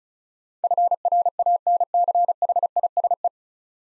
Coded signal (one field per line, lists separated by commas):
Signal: Morse code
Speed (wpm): 35 wpm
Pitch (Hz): 700 Hz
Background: none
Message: FRANCHISE